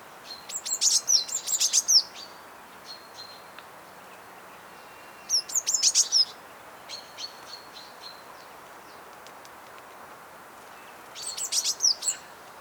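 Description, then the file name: Eurasian blue tit giving three bursts of high, rapid notes a few seconds apart, with softer thin single notes between them. "Cyanistes caeruleus"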